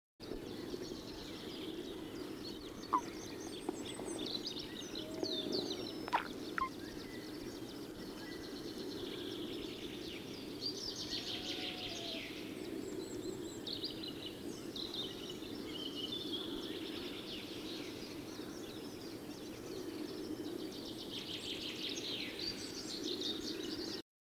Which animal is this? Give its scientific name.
Rana arvalis